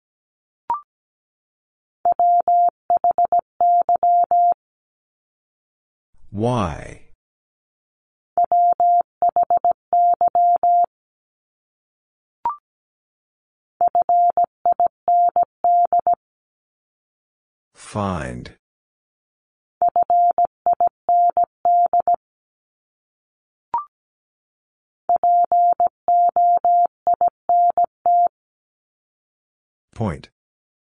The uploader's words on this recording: First, the word is sent in Morse code. 17wpm.